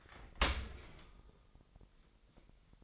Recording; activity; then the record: daily activity, microphone in the room; open dishwasher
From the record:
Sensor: 5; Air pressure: 1000.8 hPa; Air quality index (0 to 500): 247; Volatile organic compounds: 34 ppm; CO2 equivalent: 3041 ppm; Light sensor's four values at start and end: 31/70/28/26 and 31/71/28/26